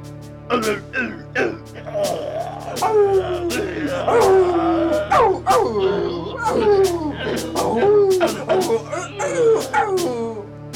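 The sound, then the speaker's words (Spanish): A dog bites a wolf: sharp, repeated barks and snapping yelps over the wolf's long, wavering howls of pain that slide up and down in pitch, loud and continuous throughout. “Y vieron cómo el perro mordía al lobo que aullaba de dolor, dejándose caer como un muerto.”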